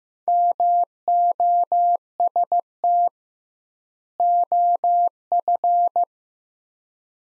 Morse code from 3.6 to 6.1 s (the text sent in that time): OF